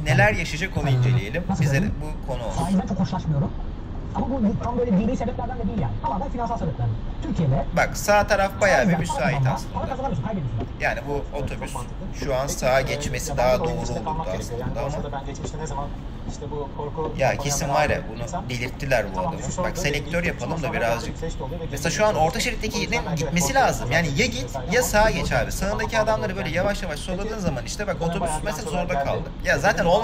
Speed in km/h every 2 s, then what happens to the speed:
85, 90, 95, 97, 94, 91, 88, 86, 85, 84, 85, 83, 83, 81, 80.
0-6 speeds up to 97. 6-14 slows to 86. 14-30 steady at about 83.